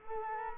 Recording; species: mosquito wingbeat signal from an infrared sensor; Culex quinquefasciatus